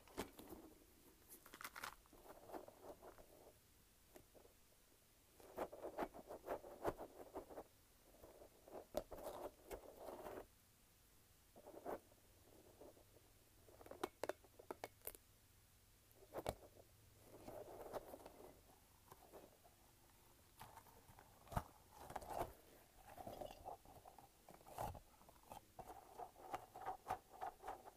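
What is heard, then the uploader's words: A light-up spiky ball is handled in irregular bursts of rubbery squeaking and rustling, with sharp clicks and taps scattered between short pauses. ASMR Light-Up Spiky Ball.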